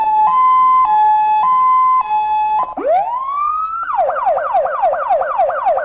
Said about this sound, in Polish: Syrena działa? Wszystko działa. A możemy sprawdzić, jak działa?